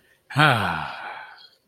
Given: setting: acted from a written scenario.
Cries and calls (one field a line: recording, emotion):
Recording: vocal sound without words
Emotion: ecstasy